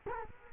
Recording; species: mosquito wingbeat signal from an infrared sensor; Culex quinquefasciatus